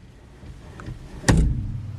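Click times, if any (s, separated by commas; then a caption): none. A steering wheel is let go and lightly turned on its quick-release hub on a second attempt, giving a faint tap near 0.8 s and then a sharp, loud metallic knock at 1.3 s that rings on with a low hum. The wheel still fails to lock, and nothing has seated or clicked yet.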